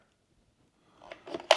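The green release button on an EGO 56V 15-inch string trimmer is pressed and the battery pack slides back out of its plastic mount. After about a second of near silence, faint scraping and small knocks build up around 1.0 to 1.4 s. A loud, sharp hit at 1.5 s marks the latch letting go and the pack unlatching.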